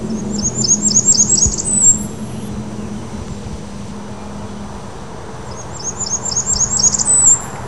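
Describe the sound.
Blackburnian warbler song, a very high, thin series of rapid repeated notes ending in an upward sweep, given twice over low rumbling background noise.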